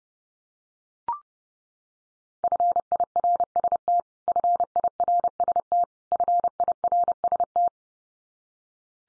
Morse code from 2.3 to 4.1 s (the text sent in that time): FIRST